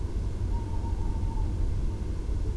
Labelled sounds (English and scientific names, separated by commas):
Tawny Owl (Strix aluco)